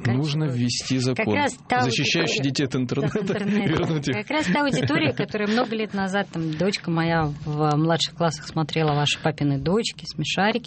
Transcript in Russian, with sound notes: Нужно ввести закон, защищающий детей от интернета. (смеется) Как раз та аудитория, которая много лет назад, там, дочка моя в младших классах смотрела ваши «Папины дочки», «Смешарики».